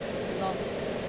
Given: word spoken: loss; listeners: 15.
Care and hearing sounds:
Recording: one English word in noise, from a listening test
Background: speech-shaped noise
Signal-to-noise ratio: -5.5 dB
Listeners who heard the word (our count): 0 of 15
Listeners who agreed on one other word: 13 of 15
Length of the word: 0.69 s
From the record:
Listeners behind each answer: 13, 1, 1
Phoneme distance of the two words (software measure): 7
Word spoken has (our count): 1 syllable, 3 phonemes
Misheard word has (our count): 1 syllable, 4 phonemes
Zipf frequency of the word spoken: 4.67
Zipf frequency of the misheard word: 5.42

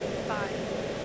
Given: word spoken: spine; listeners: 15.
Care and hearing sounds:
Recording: one English word in noise, from a listening test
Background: speech-shaped noise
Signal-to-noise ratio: -5.7 dB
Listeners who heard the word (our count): 0 of 15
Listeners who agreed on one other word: 10 of 15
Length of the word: 0.65 s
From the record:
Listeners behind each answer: 10, 3, 1, 1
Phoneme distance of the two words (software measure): 17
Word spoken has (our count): 1 syllable, 4 phonemes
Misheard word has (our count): 1 syllable, 3 phonemes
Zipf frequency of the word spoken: 3.91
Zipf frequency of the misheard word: 5.44

